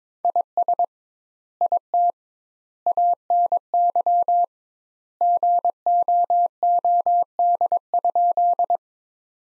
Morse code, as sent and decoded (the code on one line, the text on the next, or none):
.. ... / .. - / .- -. -.-- / --. --- --- -.. ..--..
IS IT ANY GOOD?